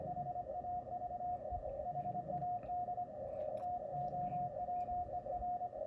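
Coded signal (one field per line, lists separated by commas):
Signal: Morse code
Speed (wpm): 24 wpm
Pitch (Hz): 720 Hz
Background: radio noise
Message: HAVE HAD TOWER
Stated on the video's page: Morse received while comparing antennas: EFHW inverted L, 40m delta loop and Mosley TA33 beam.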